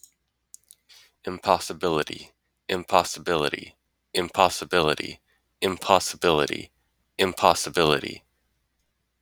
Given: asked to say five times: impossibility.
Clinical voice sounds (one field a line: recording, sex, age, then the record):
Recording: repeated word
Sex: male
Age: 20 to 29 years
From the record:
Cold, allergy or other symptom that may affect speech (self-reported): no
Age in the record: 26 years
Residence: Florida, United States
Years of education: 16